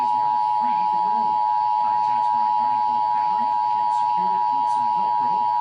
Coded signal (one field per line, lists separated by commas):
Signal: Emergency Alert System (SAME) tones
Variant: 853 and 960 Hz attention tone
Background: speech